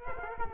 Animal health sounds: mosquito wingbeat signal from an infrared sensor; Culex quinquefasciatus

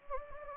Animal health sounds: mosquito wingbeat signal from an infrared sensor; Anopheles gambiae

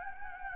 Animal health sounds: mosquito wingbeat signal from an infrared sensor; Anopheles gambiae

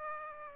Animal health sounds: mosquito wingbeat signal from an infrared sensor; Aedes aegypti

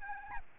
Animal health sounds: mosquito wingbeat signal from an infrared sensor; Aedes albopictus

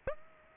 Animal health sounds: mosquito wingbeat signal from an infrared sensor; Aedes aegypti

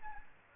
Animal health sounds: mosquito wingbeat signal from an infrared sensor; Aedes aegypti

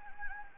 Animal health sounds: mosquito wingbeat signal from an infrared sensor; Anopheles gambiae

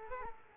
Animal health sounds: mosquito wingbeat signal from an infrared sensor; Culex quinquefasciatus

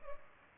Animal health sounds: mosquito wingbeat signal from an infrared sensor; Culex pipiens

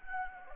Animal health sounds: mosquito wingbeat signal from an infrared sensor; Anopheles gambiae

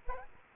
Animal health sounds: mosquito wingbeat signal from an infrared sensor; Aedes aegypti

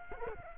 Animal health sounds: mosquito wingbeat signal from an infrared sensor; Culex quinquefasciatus

